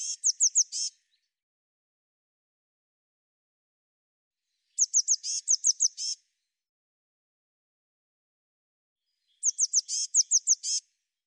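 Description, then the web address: Eurasian blue tit calls in short bursts of several high, sharp, downslurred notes, repeated roughly every four to five seconds over silence. "cianscape birddata Deverinetal 2025 File cleaned normalized Bird Cy Ca"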